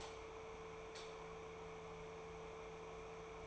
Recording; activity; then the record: daily activity, microphone in the room; light on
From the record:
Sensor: 1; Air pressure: 1014.6 hPa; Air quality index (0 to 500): 175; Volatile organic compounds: 14 ppm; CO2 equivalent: 2473 ppm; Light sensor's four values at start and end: 32/81/34/41 and 30/78/32/38